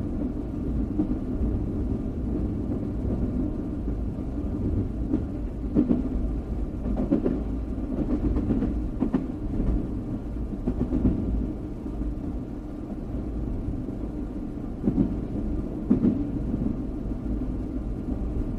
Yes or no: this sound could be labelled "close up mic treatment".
no